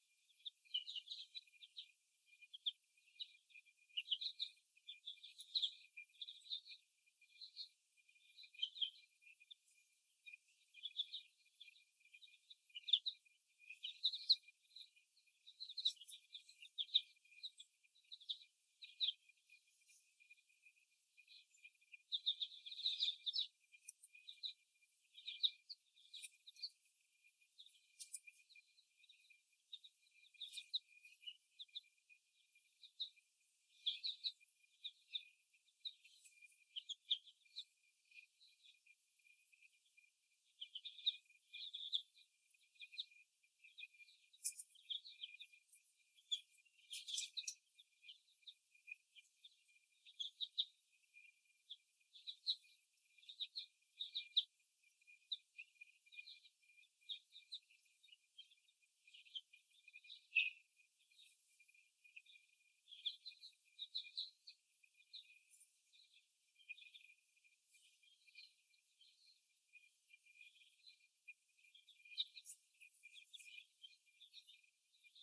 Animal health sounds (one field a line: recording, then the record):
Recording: young laying hens in a cage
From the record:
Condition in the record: before the stressor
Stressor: simulated dog barking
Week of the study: 1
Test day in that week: 1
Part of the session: 2